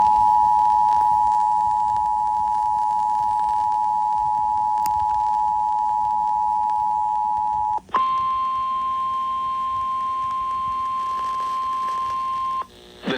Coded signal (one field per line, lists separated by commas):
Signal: Emergency Alert System (SAME) tones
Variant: 853 and 960 Hz attention tone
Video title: EAS #2640 Severe Thunderstorm Warning on WZOK 7-28-23